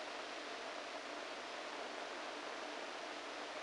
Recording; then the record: brain microelectrode recording played as sound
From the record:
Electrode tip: inside the subthalamic nucleus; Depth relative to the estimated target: -3 mm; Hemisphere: right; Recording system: NeuroSet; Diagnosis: Parkinson's disease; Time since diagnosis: 14 years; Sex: male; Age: 51 years